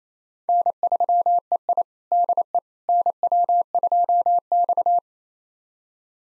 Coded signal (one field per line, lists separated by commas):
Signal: Morse code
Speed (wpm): 27 wpm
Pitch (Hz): 700 Hz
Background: none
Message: N3EI DE NW2X